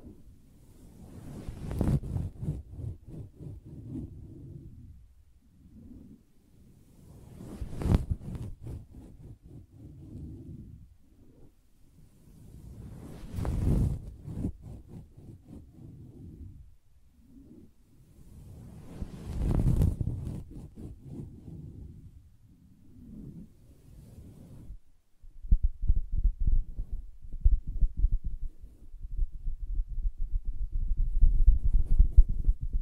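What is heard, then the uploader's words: Soft, muffled tapping on a fabric surface, mostly low and thuddy, with a louder scratching sweep roughly every six seconds that briefly brightens the sound. After about 25 seconds the pattern shifts to a faster, steadier run of dull taps. ASMR Soft Fabric Surface Tapping & Scratching (No Talking).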